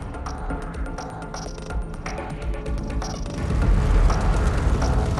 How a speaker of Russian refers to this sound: У нас сбивают автобусы, три сцепленных автомобиля. Простите, вы можете повторить? Вы сказали автобусы, три сцепленных автомобиля? Автомобили взрываются поочередно.